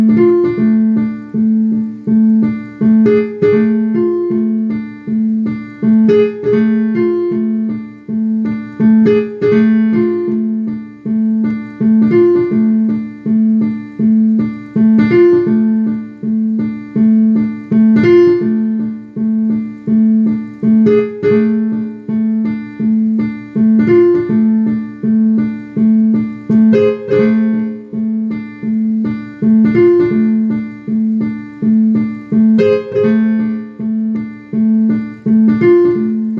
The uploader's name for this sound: Piano, keyboards, toddler.